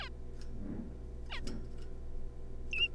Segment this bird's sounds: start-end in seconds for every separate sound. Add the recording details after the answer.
0.01-0.09, 1.30-1.40, 2.72-2.88. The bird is a juvenile. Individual R3549